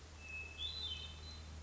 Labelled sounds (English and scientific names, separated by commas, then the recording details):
Hermit Thrush (Catharus guttatus)
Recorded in Sonoma County, California